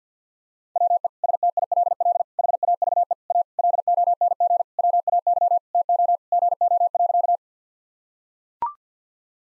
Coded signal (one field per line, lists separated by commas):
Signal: Morse code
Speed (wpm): 45 wpm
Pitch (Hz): 700 Hz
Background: none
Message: WE STILL HAVE A LONG WAY TO GO.